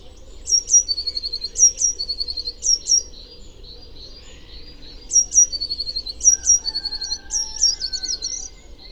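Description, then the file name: Eurasian blue tit singing repeated phrases of two high piercing notes and a quick trill, with a faint lower whistle near the end. "Cyanistes caeruleus"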